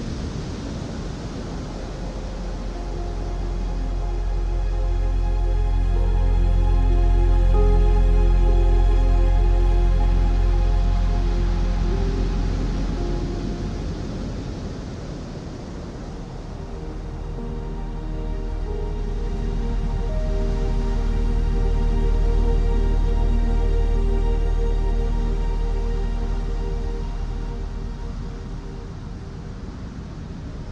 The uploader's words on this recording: Calm Piano Music and Ocean Waves, Ocean and Piano Sounds, Peaceful Piano Gentle Ocean.